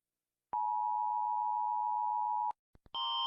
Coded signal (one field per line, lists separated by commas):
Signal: Emergency Alert System (SAME) tones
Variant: 853 and 960 Hz attention tone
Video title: Rating EAS alarms// IvoryGacha